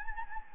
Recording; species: mosquito wingbeat signal from an infrared sensor; Anopheles gambiae